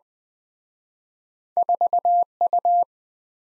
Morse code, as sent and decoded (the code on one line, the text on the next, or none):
....- ..-
4U